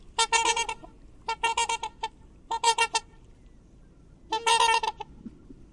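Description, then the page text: Black swan bugling, delivered in four bursts of rapid, harmonic honking notes, each burst under a second with short pauses between. Lives in lagoons, estuaries and marshes of Australia; eats aquatic plants and algae; pairs for life and builds floating nests with up to 6 eggs; migratory and highly social. "Cisne Negro (Cygnus atratus). Aves Fantásticas"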